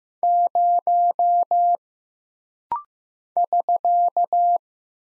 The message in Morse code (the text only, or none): 0 <SK>